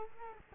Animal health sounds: mosquito wingbeat signal from an infrared sensor; Culex quinquefasciatus

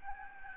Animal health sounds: mosquito wingbeat signal from an infrared sensor; Aedes albopictus

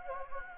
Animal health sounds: mosquito wingbeat signal from an infrared sensor; Anopheles gambiae

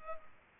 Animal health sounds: mosquito wingbeat signal from an infrared sensor; Culex pipiens

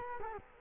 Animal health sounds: mosquito wingbeat signal from an infrared sensor; Culex quinquefasciatus

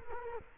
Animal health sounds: mosquito wingbeat signal from an infrared sensor; Culex quinquefasciatus

